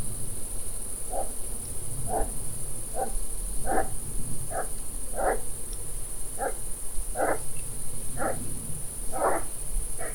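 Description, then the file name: Pine marten calls: short, harsh, mid-pitched notes repeated about once a second, ten in a row, over a steady high hiss and low rumble. "Martora da xenocanto"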